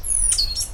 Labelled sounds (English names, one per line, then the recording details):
Stitchbird song
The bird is a male
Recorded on Tiritiri Matangi Island, New Zealand, in 2005
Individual 10, of nest box 12